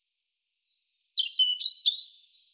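European robin song: a long thin high whistle stepping down into a quick series of lower warbled notes.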